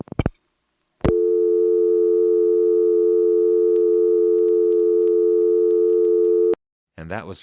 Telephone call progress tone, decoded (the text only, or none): dial tone